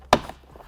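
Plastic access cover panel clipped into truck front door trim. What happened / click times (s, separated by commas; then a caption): Plastic trim clips popped free / 0.1 s. A pry tool slotted in at the top of a small plastic access cover panel, in the storage pocket under the grab handle of a 2021 Ford F-150 front door trim, works the panel back. A sharp, loud pop at 0.1 s is followed by faint scraping. The panel's white plastic retaining clips pop free and the cover is released, coming out at an angle to expose two screws.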